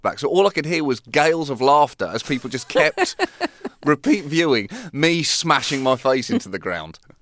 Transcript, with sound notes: So all I could hear was gales of laughter as people just kept... (Soundbite of laughter) ...repeat viewing me smashing my face into the ground.